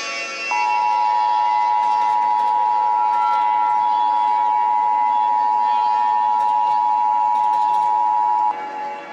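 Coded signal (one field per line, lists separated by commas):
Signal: Emergency Alert System (SAME) tones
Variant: 853 and 960 Hz attention tone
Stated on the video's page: Fictional scenario alert, not a real broadcast.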